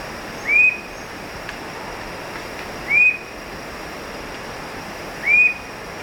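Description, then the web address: Coppery-chested Jacamar calling three times with clear, high, slightly upslurred whistles spaced about two and a half seconds apart against a background hiss. Recorded in Ecuador. "Birds of Ecuador. Coppery-Chested Jacamar"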